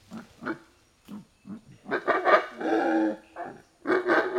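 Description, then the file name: Monkey loud calls: short harsh barking notes at first, then a longer, louder run of rough, harmonic calls that swell and fade, ending in another loud burst. Loud calling in forest. "felix blume animal monkey loud calling in forest"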